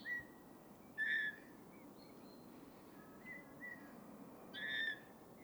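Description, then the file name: Eurasian bullfinch calls: mellow piping whistles, two louder drawn-out notes with overtones, separated by quieter shorter piping. "Pyrrhula pyrrhula"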